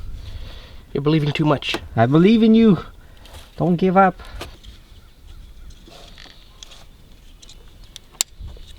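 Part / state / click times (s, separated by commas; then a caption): ignition coil connector onto coil pack in engine bay / seated / 8.2 s. Someone talks while an ignition coil connector is pushed down onto the coil pack in the engine bay of a 2006 Audi A4 Quattro L4 during a spark plug replacement. A few faint ticks follow the talking, then a sharp, loud click at 8.2 s as the connector seats.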